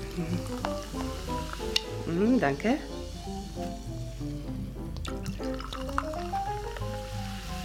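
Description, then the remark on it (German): Sekt (sparkling wine) is poured into a glass, the filling sound rising steadily in pitch, with soft fizzing and a steady hum beneath; someone briefly says thanks. “Komm, lass uns erst ein Glas Sekt trinken, ja?”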